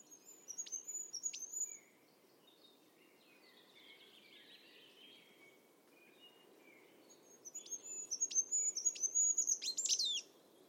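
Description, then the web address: Bird calls: high thin chirps with sharp downward ticks in two bursts, early and late, over a steady low background hiss with faint lower warbling in between. "cianscape. Deverinetal 2025. Bird Only"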